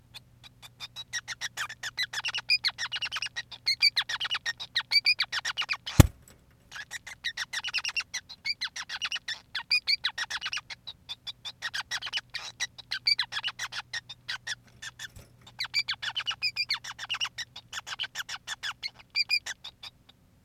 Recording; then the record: song of a male Bengalese finch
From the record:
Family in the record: son of father 5